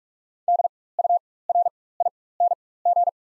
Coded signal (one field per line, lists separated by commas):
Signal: Morse code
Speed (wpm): 45 wpm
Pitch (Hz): 700 Hz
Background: none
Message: DURING